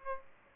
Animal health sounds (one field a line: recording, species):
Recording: mosquito wingbeat signal from an infrared sensor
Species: Aedes aegypti